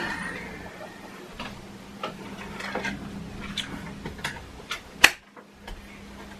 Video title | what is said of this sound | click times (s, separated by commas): CLEAN YOUR HOUSE WITH THIS - THIS CORDLESS VACUUM IS THE BUSINESS!! | and everything snaps in place | 5.0 s